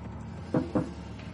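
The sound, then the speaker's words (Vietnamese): A room door being opened so men can carry money inside: two quick, dull clunks a fraction of a second apart, like a latch and the door giving way, over a low steady background hum. “Hà mở cửa phòng cho đàn em đem tiền vào trong.”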